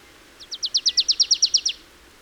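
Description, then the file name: Marsh tit: roughly a dozen high, crisp downslurred notes in an even, rapid series that builds in loudness, over light hiss. "Poecile palustris"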